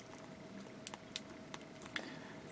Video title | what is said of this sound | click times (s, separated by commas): *GundamModels* 1/144 HG Gundam Age-2 Magnum - Part 2 | snaps into place like so | 1.2 s